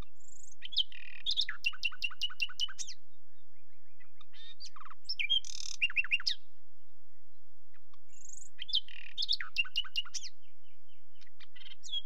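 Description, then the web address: Common nightingale song with fast rattling series and sharp descending notes, a high whistle opening two of three phrases, pauses between them. "BBC Sound Effects Library. Birds. Nightingale"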